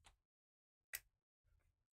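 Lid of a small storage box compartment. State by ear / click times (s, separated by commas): seated / 1.0 s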